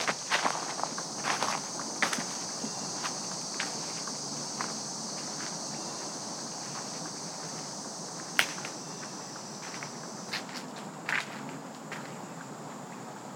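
Footsteps crunch through the woods at an early evening walk, with short sharp clicks and snaps scattered irregularly, busiest in the first few seconds and again near 8 and 11 seconds. A steady bright hiss and a constant high insect-like tone run underneath throughout.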